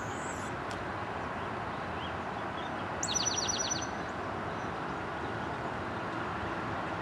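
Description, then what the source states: Towhee singing a short note that leads into a quick trill lasting under a second, against constant loud background noise. Song; recorded 23 April 2007.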